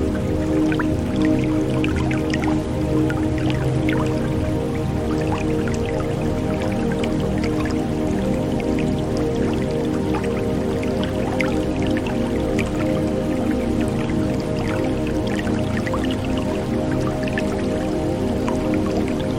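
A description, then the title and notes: Running river water trickles and drips, with frequent small splashes and bright droplet sounds scattered across the whole stretch. Beneath it, deep sustained music tones hold steady, forming a dense, unchanging low bed that never pauses. Beautiful River Sounds Mixed with Deep Music.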